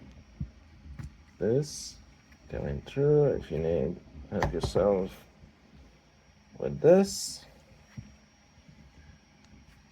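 A 3D-printed plastic part is being handled and fitted onto the body of a large transforming robot toy while someone talks. A few faint taps and handling noises sound under the voice. Nothing has seated or clicked yet.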